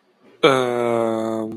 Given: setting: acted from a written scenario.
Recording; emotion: vocal sound without words; confusion